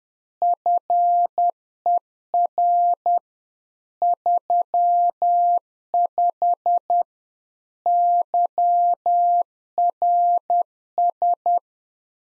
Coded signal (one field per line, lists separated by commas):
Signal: Morse code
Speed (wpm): 10 wpm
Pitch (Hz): 700 Hz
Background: none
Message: FER 35 YRS